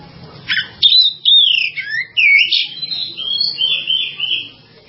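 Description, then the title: Java sparrow song of quick chirps and clicks leading into a smooth, sustained whistled phrase that gradually fades away. "kicau gelatik"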